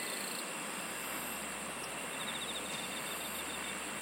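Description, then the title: Insects trilling in quick pulses, the trill coming in short runs, over a steady hiss. "SINGING OF INSECTS"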